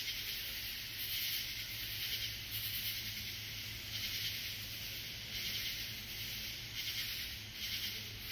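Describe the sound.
Katydid rasping in scratchy high bursts at uneven intervals over a constant background hiss.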